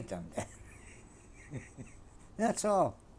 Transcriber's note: he laughs